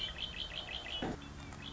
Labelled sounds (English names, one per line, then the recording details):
Red-winged Blackbird
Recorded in Sonoma County, California